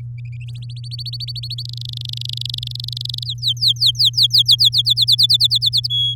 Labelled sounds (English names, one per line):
Domestic Canary song